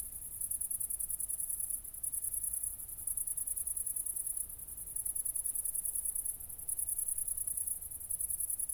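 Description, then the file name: Cricket chirping, a shrill pulsed trill in bursts of one to two seconds with brief silences, over a low rumble. Crickets recorded at night, 00:53 on 4 August 2014, at Nordring, Kirchmöser, Brandenburg, Germany. "City Country Me Brandenburg Kirchmoeser Nordring Grillen 201408040053"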